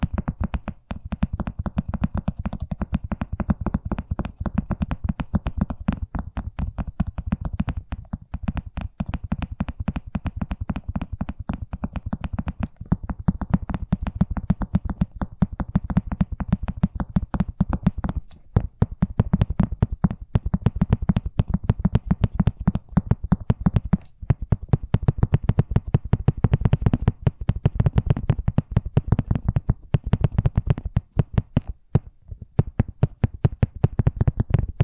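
Fast tapping runs without pause for the whole stretch, a dense, rapid stream of short knocks with a thick low body and a dull thud to each hit. Brief gaps break it near 18, 24 and 32 seconds, and the taps grow louder after about 15 seconds.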